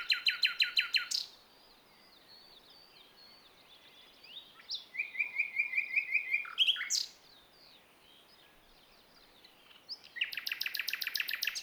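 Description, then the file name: Common nightingale song: a loud rapid burst of harsh repeated notes, then a steady series of short whistled notes, and another fast rattling burst at the end, with faint birds behind. "Luscinia megarhynchos"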